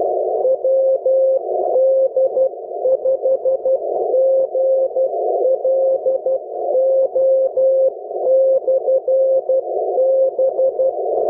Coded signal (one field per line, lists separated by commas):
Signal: Morse code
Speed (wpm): 12 wpm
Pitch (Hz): 530 Hz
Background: none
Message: WD5GLO/B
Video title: LICW Haptic CW Decoder--Feel the Code!